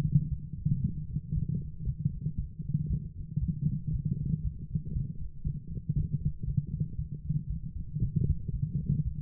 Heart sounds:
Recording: heart sounds by stethoscope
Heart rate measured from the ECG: 117 bpm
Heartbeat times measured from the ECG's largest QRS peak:
0.29 s: heartbeat
0.81 s: heartbeat
1.33 s: heartbeat
1.85 s: heartbeat
2.36 s: heartbeat
2.88 s: heartbeat
3.40 s: heartbeat
3.91 s: heartbeat
4.43 s: heartbeat
4.93 s: heartbeat
5.44 s: heartbeat
5.95 s: heartbeat
6.46 s: heartbeat
6.96 s: heartbeat
7.48 s: heartbeat
8.00 s: heartbeat
8.51 s: heartbeat
9.03 s: heartbeat
From the record:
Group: healthy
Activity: light exercise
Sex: female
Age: 24 years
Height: 163 cm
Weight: 55.7 kg

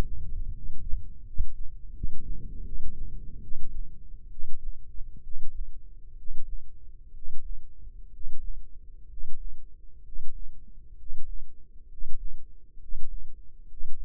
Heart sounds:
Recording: heart sounds by microphone in the left ear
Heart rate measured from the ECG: 68 bpm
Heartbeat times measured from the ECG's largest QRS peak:
0.49 s: heartbeat
1.21 s: heartbeat
1.90 s: heartbeat
2.62 s: heartbeat
3.40 s: heartbeat
4.28 s: heartbeat
5.21 s: heartbeat
6.14 s: heartbeat
7.11 s: heartbeat
8.10 s: heartbeat
9.07 s: heartbeat
10.02 s: heartbeat
10.95 s: heartbeat
11.87 s: heartbeat
12.78 s: heartbeat
13.66 s: heartbeat
From the record:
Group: healthy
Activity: rest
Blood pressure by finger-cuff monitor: 117/69 mmHg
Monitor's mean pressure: 81 mmHg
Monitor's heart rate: 64 bpm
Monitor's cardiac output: 7.8 L/min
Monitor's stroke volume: 118 mL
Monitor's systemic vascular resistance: 790 dyn s/cm5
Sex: male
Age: 23 years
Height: 178 cm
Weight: 96.6 kg

